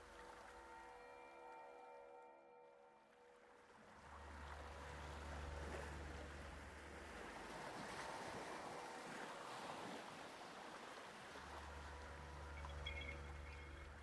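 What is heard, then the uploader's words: Ocean waves wash steadily under soft sustained music, with a deep low hum swelling from about four to seven seconds and again after eleven. Relaxing Music With Ocean Waves.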